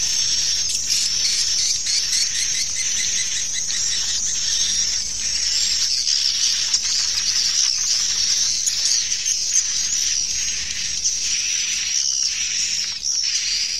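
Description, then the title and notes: Swiftlets twittering continuously, a crowded high chorus of quick chirps with a few clearer notes standing out. Farmed swiftlets in Asia. "Swiflet Bird Sound. Farming Swiflet Bird asia sound"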